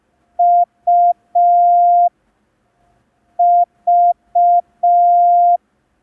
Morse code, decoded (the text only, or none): UV